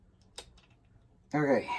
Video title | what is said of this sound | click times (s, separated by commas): Showing how to use new Testosterone auto-injector | orange thing just slowly went forward, and you heard one click when it started, and the second click for when it's done. | 0.4 s